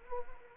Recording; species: mosquito wingbeat signal from an infrared sensor; Anopheles arabiensis